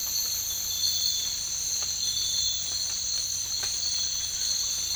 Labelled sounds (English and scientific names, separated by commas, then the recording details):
none
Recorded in dense forest near Puerto Asís, Putumayo, Colombia, on 19 March 2025 at 03:00
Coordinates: 0.485, -76.318
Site G056